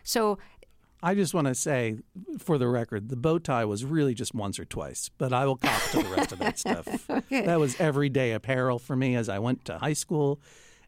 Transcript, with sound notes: So...
I just want to say, for the record, the bow tie was really just once or twice. But I will cop to the rest of that stuff.
(Laughter) OK.
That was everyday apparel for me as I went to high school,